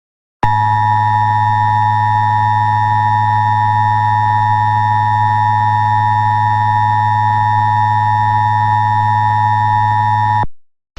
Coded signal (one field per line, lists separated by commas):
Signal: Emergency Alert System (SAME) tones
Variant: 853 and 960 Hz attention tone